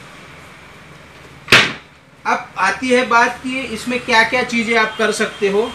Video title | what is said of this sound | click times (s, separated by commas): आटा चक्की चलाने में मिक्सर गाईडर से भी आसान - HOW TO USE DOMESTIC FLOUR MILL - AATA CHAKKI REVIEW | set हो गया और ये लॉक हो गया। | 1.5 s